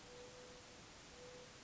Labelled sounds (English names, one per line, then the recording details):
Mourning Dove
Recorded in Sonoma County, California